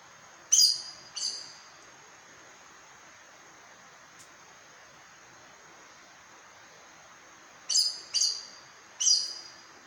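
Aracari giving high, sharp squeaky calls: a pair of notes, a long pause, then three more in quick succession.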